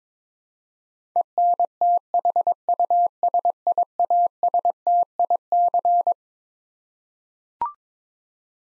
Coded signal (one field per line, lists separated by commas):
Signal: Morse code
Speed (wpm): 22 wpm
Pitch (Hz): 700 Hz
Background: none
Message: ENTHUSIASTIC